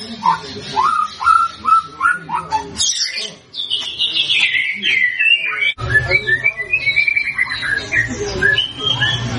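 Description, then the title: White-rumped shama singing, a quick series of repeated short whistles, a brief pause, then rich varied phrases with high sweeps and chatter. Prolific 'gacor' singing, used as a lure to make birds respond. "PANCINGAN MURAI BATU GACOR, LANGSUNG RESPON"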